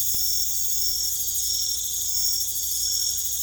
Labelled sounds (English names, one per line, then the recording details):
none
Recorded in secondary vegetation near Puerto Asís, Putumayo, Colombia, on 16 December 2024 at 19:00
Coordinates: 0.468, -76.324
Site G095